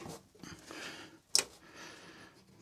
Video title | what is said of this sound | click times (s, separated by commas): Solar Bunker Gets More Power ! With the Sungold 314AH Battery | There you go. Hear that snap? | 1.4 s